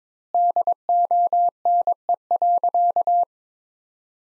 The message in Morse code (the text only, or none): DONE.